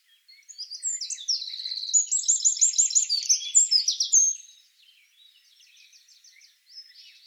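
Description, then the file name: Eurasian wren song, a loud, rapid outpouring of high trills and chattering notes lasting about four seconds, followed by faint, thin chips. "Troglodytes troglodytes"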